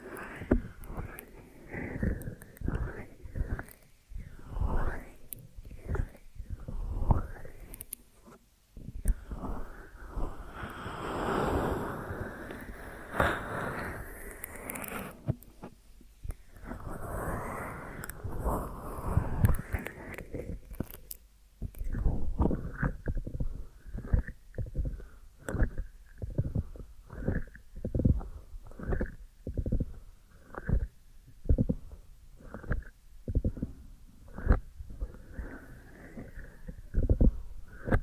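An ASMR deep ear massage: soft rubbing and squishing strokes, low and muffled. The middle stretch, roughly 9 to 21 seconds, turns into a denser, continuous rubbing wash, then gives way to quick, regular pulses that repeat about twice per second until the end.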